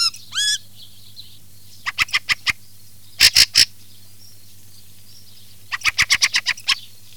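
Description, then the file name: Fieldfare calls: a couple of hooked whistles, then harsh chack notes in bursts, three loud clipped chacks, and a fast rattling run near the end, over low hum. "CESENA"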